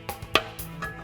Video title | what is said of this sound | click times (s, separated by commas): How to maintain the CeramicSpeed Bearings in your ENVE Wheels | You'll hear a click. | 0.4 s